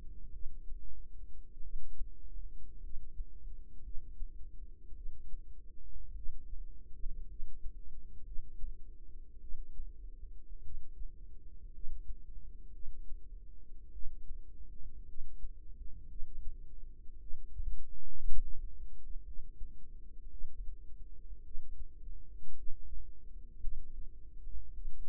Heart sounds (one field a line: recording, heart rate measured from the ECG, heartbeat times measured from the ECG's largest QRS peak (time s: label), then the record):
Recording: heart sounds by microphone in the right ear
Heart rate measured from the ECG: 54 bpm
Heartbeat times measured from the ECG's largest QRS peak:
0.31 s: heartbeat
1.61 s: heartbeat
2.80 s: heartbeat
3.82 s: heartbeat
4.93 s: heartbeat
6.13 s: heartbeat
7.26 s: heartbeat
8.23 s: heartbeat
9.39 s: heartbeat
10.61 s: heartbeat
11.71 s: heartbeat
12.71 s: heartbeat
13.90 s: heartbeat
15.05 s: heartbeat
16.07 s: heartbeat
17.18 s: heartbeat
18.25 s: heartbeat
19.23 s: heartbeat
20.28 s: heartbeat
21.42 s: heartbeat
22.54 s: heartbeat
23.59 s: heartbeat
24.72 s: heartbeat
From the record:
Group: healthy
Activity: rest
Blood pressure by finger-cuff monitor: 97/63 mmHg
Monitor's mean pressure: 73 mmHg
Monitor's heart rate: 55 bpm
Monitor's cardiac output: 4.3 L/min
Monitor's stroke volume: 77 mL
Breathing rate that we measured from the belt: 15 breaths a minute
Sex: female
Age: 36 years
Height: 163 cm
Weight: 88 kg